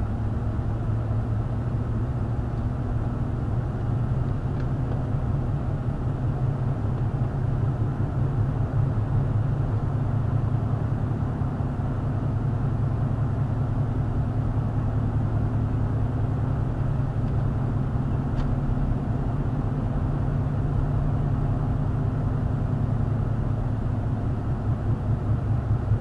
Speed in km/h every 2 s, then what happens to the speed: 40, 42, 42, 44, 45, 47, 45, 45, 45, 45, 47, 44, 42.
0-9 speeds up to 47. 9-26 steady at about 45.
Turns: 0-8.